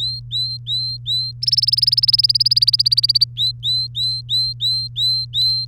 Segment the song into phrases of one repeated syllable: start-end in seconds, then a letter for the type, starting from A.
0.00-1.31 A, 1.42-3.24 B, 3.36-5.65 A